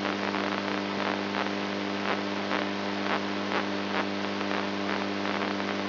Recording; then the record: brain microelectrode recording played as sound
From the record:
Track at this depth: inside the subthalamic nucleus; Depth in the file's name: 3.121 mm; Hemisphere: right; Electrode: 2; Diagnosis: Parkinson's disease